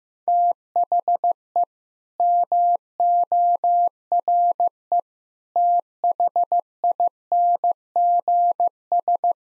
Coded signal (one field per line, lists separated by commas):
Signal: Morse code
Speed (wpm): 14 wpm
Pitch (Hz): 700 Hz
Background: none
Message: THE MORE THINGS